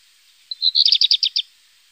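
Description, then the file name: Black redstart song: one brief, rapid, rattling phrase of high notes that ends abruptly, with nothing else heard. "zwarte roodstaart black redstart"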